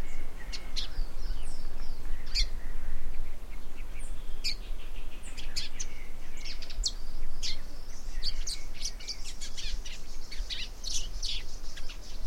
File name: parrot billed seedeater